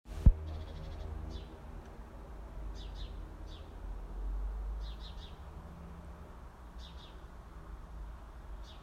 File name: House Sparrows